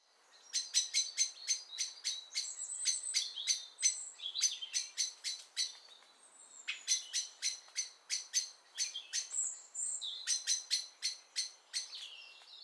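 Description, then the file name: Common blackbird calls: sharp clicking notes fired in rapid bursts, with a few high thin whistled notes in between, in short pauses throughout. "Turdus merula"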